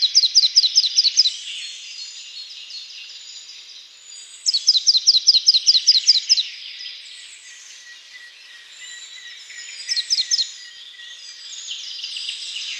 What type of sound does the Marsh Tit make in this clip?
song